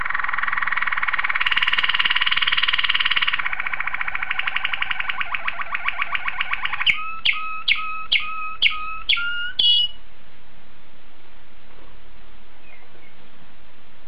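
Domestic canary song: loud rolling trill that slows and fades, then a run of sharp notes with lower tails, followed by quiet.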